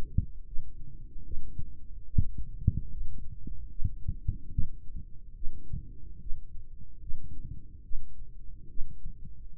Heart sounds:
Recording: heart sounds by microphone in the right ear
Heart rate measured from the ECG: 73 bpm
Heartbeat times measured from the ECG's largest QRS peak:
0.47 s: heartbeat
1.25 s: heartbeat
2.07 s: heartbeat
2.91 s: heartbeat
3.71 s: heartbeat
4.52 s: heartbeat
5.36 s: heartbeat
6.21 s: heartbeat
7.02 s: heartbeat
7.84 s: heartbeat
8.70 s: heartbeat
9.55 s: heartbeat
From the record:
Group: healthy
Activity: rest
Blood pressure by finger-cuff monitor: 124/89 mmHg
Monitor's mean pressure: 100 mmHg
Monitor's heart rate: 74 bpm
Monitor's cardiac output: 3.4 L/min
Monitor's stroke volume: 46 mL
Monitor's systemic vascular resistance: 2150 dyn s/cm5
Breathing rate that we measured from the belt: 19 breaths a minute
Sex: male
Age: 55 years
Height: 167 cm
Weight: 57.2 kg

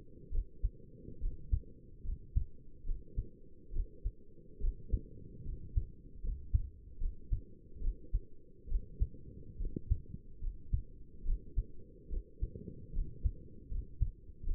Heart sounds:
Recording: heart sounds by stethoscope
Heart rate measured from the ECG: 72 bpm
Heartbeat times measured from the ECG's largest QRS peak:
0.33 s: heartbeat
1.21 s: heartbeat
2.05 s: heartbeat
2.87 s: heartbeat
3.74 s: heartbeat
4.62 s: heartbeat
5.46 s: heartbeat
6.24 s: heartbeat
7.01 s: heartbeat
7.82 s: heartbeat
8.70 s: heartbeat
9.60 s: heartbeat
10.42 s: heartbeat
11.26 s: heartbeat
12.11 s: heartbeat
12.94 s: heartbeat
13.71 s: heartbeat
14.47 s: heartbeat
From the record:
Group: healthy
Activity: cold pressor test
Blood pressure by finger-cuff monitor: 107/69 mmHg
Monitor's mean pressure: 83 mmHg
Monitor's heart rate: 71 bpm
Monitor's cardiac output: 6.6 L/min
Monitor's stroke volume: 93 mL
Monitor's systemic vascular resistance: 910 dyn s/cm5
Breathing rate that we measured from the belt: 15 breaths a minute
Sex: male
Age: 22 years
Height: 181 cm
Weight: 79 kg

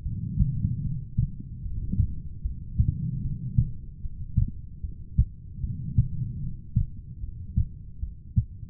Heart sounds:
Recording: heart sounds by stethoscope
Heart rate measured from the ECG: 75 bpm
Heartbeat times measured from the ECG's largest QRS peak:
0.03 s: heartbeat
0.82 s: heartbeat
1.62 s: heartbeat
2.41 s: heartbeat
3.21 s: heartbeat
4.01 s: heartbeat
4.81 s: heartbeat
5.60 s: heartbeat
6.40 s: heartbeat
7.20 s: heartbeat
7.99 s: heartbeat
From the record:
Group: heart failure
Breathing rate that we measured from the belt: 22 breaths a minute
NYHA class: 2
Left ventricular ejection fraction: 58%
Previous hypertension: present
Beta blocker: bisoprolol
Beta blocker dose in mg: 5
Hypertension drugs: ramipril, spironolactone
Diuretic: furosemide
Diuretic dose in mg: 160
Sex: female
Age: 55 years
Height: 155 cm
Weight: 67 kg

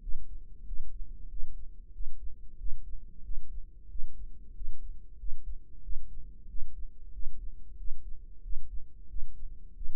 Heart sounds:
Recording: heart sounds by microphone in the right ear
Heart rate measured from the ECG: 92 bpm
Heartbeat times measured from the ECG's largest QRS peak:
0.02 s: heartbeat
0.67 s: heartbeat
1.31 s: heartbeat
1.94 s: heartbeat
2.60 s: heartbeat
3.25 s: heartbeat
3.91 s: heartbeat
4.56 s: heartbeat
5.20 s: heartbeat
5.84 s: heartbeat
6.49 s: heartbeat
7.14 s: heartbeat
7.79 s: heartbeat
8.44 s: heartbeat
9.10 s: heartbeat
9.76 s: heartbeat
From the record:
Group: healthy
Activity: rest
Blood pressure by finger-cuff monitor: 150/74 mmHg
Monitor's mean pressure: 94 mmHg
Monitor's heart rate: 92 bpm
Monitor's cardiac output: 8.5 L/min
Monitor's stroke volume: 91 mL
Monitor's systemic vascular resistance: 820 dyn s/cm5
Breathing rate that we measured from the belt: 20 breaths a minute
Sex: male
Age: 21 years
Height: 175 cm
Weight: 72.6 kg

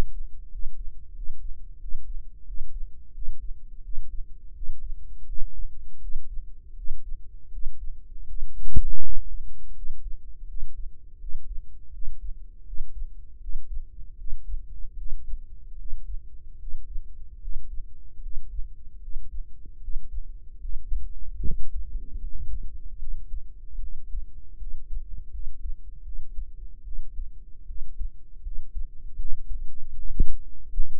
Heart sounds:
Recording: heart sounds by microphone in the right ear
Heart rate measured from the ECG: 79 bpm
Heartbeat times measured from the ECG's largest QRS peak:
0.48 s: heartbeat
1.12 s: heartbeat
1.78 s: heartbeat
2.44 s: heartbeat
3.12 s: heartbeat
3.81 s: heartbeat
4.53 s: heartbeat
5.25 s: heartbeat
5.99 s: heartbeat
6.75 s: heartbeat
7.50 s: heartbeat
8.26 s: heartbeat
9.00 s: heartbeat
9.73 s: heartbeat
10.46 s: heartbeat
11.18 s: heartbeat
11.91 s: heartbeat
12.64 s: heartbeat
13.39 s: heartbeat
14.16 s: heartbeat
14.96 s: heartbeat
15.76 s: heartbeat
16.57 s: heartbeat
17.39 s: heartbeat
18.20 s: heartbeat
18.99 s: heartbeat
19.79 s: heartbeat
20.59 s: heartbeat
21.41 s: heartbeat
22.17 s: heartbeat
22.97 s: heartbeat
23.78 s: heartbeat
24.56 s: heartbeat
25.29 s: heartbeat
26.02 s: heartbeat
26.82 s: heartbeat
27.65 s: heartbeat
28.41 s: heartbeat
29.15 s: heartbeat
29.93 s: heartbeat
30.73 s: heartbeat
From the record:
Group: healthy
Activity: Valsalva maneuver 0-24 s, rest 24-31 s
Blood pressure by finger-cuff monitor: 106/67 mmHg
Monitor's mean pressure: 79 mmHg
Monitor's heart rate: 78 bpm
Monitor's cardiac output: 6.5 L/min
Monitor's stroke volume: 82 mL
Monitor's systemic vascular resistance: 870 dyn s/cm5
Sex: female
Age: 19 years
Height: 163 cm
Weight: 48.9 kg

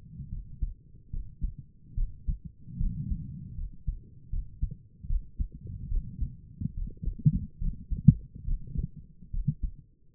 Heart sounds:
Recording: heart sounds by stethoscope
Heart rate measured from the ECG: 73 bpm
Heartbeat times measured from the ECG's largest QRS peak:
0.30 s: heartbeat
1.11 s: heartbeat
1.95 s: heartbeat
2.78 s: heartbeat
3.56 s: heartbeat
4.31 s: heartbeat
5.08 s: heartbeat
5.89 s: heartbeat
6.75 s: heartbeat
7.59 s: heartbeat
8.46 s: heartbeat
9.32 s: heartbeat
From the record:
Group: healthy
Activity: rest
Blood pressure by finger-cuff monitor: 92/58 mmHg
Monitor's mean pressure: 68 mmHg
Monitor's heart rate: 71 bpm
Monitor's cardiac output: 5.5 L/min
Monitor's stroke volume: 79 mL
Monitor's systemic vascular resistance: 880 dyn s/cm5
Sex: female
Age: 22 years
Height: 163 cm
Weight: 67.1 kg

